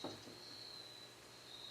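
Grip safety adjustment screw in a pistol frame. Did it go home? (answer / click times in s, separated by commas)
no / none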